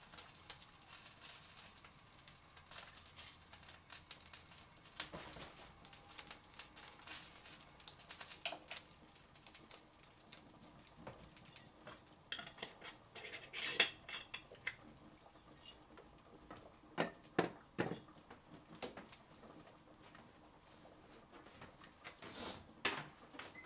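Making tomato sauce pasta: irregular clinks and scrapes of utensils against pots, with sharper knocks around the middle and near the end.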